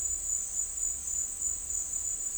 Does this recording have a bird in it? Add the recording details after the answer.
no. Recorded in dense forest near Puerto Asís, Putumayo, Colombia, on 13 March 2025 at 12:00. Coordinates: 0.499, -76.324. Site GP03